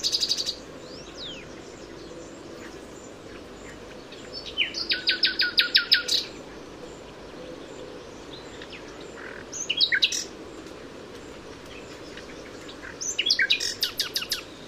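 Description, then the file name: Common nightingale giving several separated bursts of song, mostly quick series of sharp repeated notes, with long quiet stretches of low background noise between them. "Luscinia megarhynchos"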